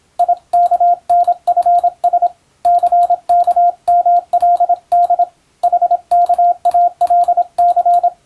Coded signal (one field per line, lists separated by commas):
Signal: Morse code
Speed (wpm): 26 wpm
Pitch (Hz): 700 Hz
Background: radio noise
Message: IKNFS CKMLD HKALC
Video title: モールス練習ビデオ、スマホ時代の今でも行われているモールスの国家試験の練習風景です。アマチュア無線ハムの受信練習にもどうぞ(morse code practice radio operator )